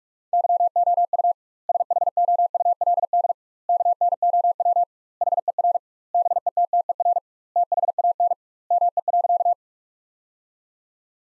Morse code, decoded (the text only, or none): YOU SHOULD KNOW HER BETTER THAN ME.